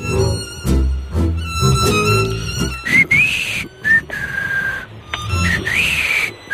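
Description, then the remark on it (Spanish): A person whistles a clear, wavering melody of sustained high notes that glide between pitches, following a few seconds of richly harmonic violin music. “Bonito silbido.”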